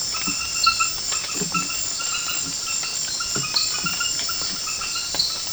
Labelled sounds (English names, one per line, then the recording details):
none
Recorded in secondary vegetation near Puerto Asís, Putumayo, Colombia, on 13 March 2025 at 23:00
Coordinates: 0.498, -76.327
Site G001